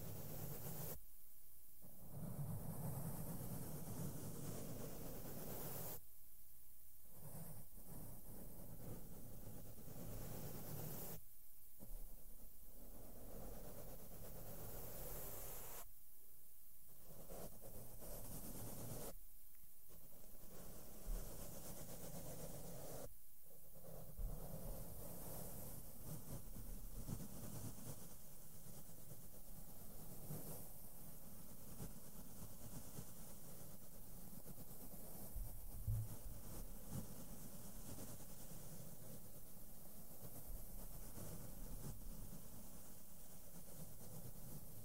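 Makeup brushes sweep over a microphone in a steady, dense rumble of soft scratchy strokes, with the low end dominating. The brushing stops briefly for short silent gaps about every four to five seconds through the first half, then runs unbroken to the end.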